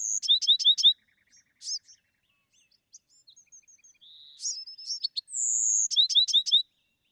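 Bewick's wren song: a quick run of four bright descending notes, soft scattered chips, a high thin whistle, then the fast descending notes again.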